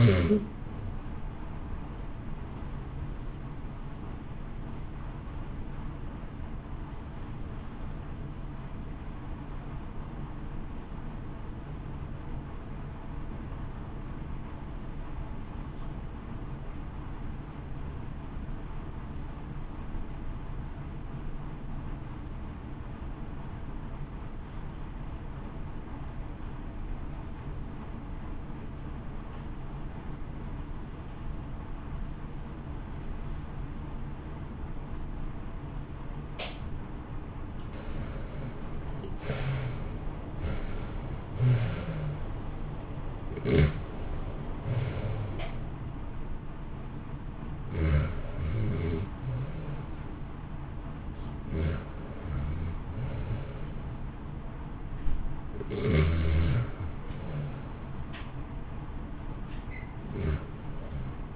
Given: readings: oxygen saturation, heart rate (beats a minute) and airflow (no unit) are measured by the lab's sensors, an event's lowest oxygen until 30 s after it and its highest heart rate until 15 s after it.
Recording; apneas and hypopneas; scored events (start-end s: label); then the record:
breathing in sleep by a smartphone at the bedside; 1
7.00-38.20 s: obstructive apnea (REM, oxygen 92% highest, then 68% lowest, heart rate 58 at the start, 75 highest)
From the record:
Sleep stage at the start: REM sleep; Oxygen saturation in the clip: 72 to 92%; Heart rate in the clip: 56 to 75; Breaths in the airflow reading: 11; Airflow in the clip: -1.5 to 2.2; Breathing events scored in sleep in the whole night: 328 in 6.3 hours asleep